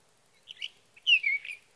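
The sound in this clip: Sage thrasher giving a short warbled phrase: a few soft notes, a pause, then a louder sliding whistle blending into chatter.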